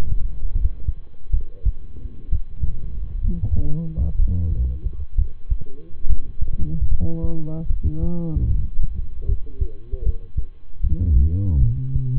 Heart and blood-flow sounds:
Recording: heart sounds by stethoscope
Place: between the tricuspid and mitral areas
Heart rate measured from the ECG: 70 bpm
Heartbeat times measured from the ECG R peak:
0.52 s: heartbeat
1.30 s: heartbeat
2.28 s: heartbeat
3.20 s: heartbeat
4.15 s: heartbeat
5.14 s: heartbeat
6.05 s: heartbeat
6.87 s: heartbeat
7.66 s: heartbeat
8.47 s: heartbeat
9.25 s: heartbeat
10.02 s: heartbeat
10.80 s: heartbeat
11.59 s: heartbeat
From the record:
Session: rest, lying down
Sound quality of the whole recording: good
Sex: male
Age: 23 years

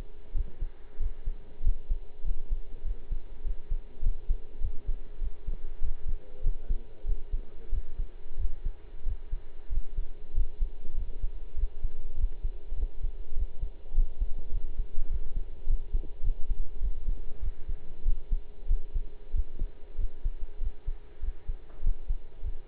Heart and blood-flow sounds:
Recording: heart sounds by stethoscope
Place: between the tricuspid and mitral areas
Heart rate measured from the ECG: 98 bpm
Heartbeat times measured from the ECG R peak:
0.33 s: heartbeat
0.98 s: heartbeat
1.62 s: heartbeat
2.24 s: heartbeat
2.83 s: heartbeat
3.43 s: heartbeat
4.02 s: heartbeat
4.60 s: heartbeat
5.20 s: heartbeat
5.80 s: heartbeat
6.42 s: heartbeat
7.05 s: heartbeat
7.71 s: heartbeat
8.37 s: heartbeat
9.04 s: heartbeat
9.70 s: heartbeat
10.33 s: heartbeat
10.95 s: heartbeat
11.56 s: heartbeat
12.16 s: heartbeat
12.76 s: heartbeat
13.35 s: heartbeat
13.94 s: heartbeat
14.51 s: heartbeat
15.08 s: heartbeat
15.66 s: heartbeat
16.22 s: heartbeat
16.80 s: heartbeat
17.40 s: heartbeat
18.04 s: heartbeat
18.67 s: heartbeat
19.32 s: heartbeat
19.97 s: heartbeat
20.59 s: heartbeat
21.21 s: heartbeat
21.82 s: heartbeat
22.42 s: heartbeat
From the record:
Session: pedaling a stationary bicycle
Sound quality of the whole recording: partially saturated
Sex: male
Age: 23 years

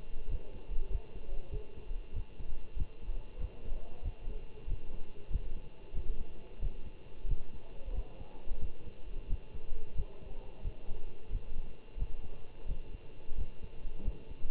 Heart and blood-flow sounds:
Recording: heart sounds by stethoscope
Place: between the tricuspid and mitral areas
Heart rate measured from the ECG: 92 bpm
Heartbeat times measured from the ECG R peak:
0.28 s: heartbeat
0.89 s: heartbeat
1.50 s: heartbeat
2.13 s: heartbeat
2.75 s: heartbeat
3.38 s: heartbeat
4.02 s: heartbeat
4.66 s: heartbeat
5.29 s: heartbeat
5.93 s: heartbeat
6.59 s: heartbeat
7.26 s: heartbeat
7.92 s: heartbeat
8.59 s: heartbeat
9.27 s: heartbeat
9.94 s: heartbeat
10.62 s: heartbeat
11.30 s: heartbeat
11.96 s: heartbeat
12.66 s: heartbeat
13.35 s: heartbeat
14.02 s: heartbeat
From the record:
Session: Bruce protocol treadmill stress test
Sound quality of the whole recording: good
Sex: male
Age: 25 years

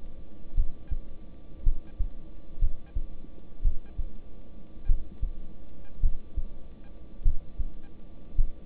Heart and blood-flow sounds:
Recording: heart sounds by stethoscope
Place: between the tricuspid and mitral areas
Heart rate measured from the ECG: 54 bpm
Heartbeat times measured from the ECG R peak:
0.55 s: heartbeat
1.64 s: heartbeat
2.59 s: heartbeat
3.62 s: heartbeat
4.86 s: heartbeat
6.01 s: heartbeat
7.23 s: heartbeat
8.36 s: heartbeat
From the record:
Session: rest, lying down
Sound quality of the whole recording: good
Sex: male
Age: 26 years

